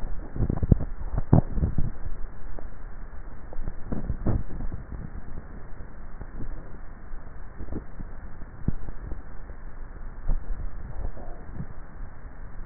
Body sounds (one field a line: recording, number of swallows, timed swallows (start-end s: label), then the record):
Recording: swallowing sounds by neck microphone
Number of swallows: 1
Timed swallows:
0.57-1.54 s: swallow
From the record:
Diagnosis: dysphagia